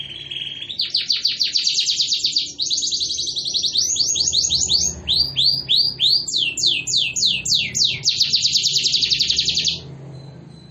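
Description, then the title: Canary song: a long, loud sequence of rapid rolling trills and quick repeated whistled sweeps, shifting in pitch and speed, without pause for nearly ten seconds. Canary singing vigorously (gacor) and persistently with long rolling trills (roll panjang), intended to make other canaries respond immediately. "LANGSUNG NYAUT GACOR DOR Kenari Manasaja, Dengan Kicau Kenari GACOR NGOTOT ROLL PANJANG"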